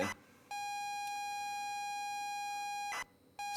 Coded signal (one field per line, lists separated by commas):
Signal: ZX Spectrum tape loading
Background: speech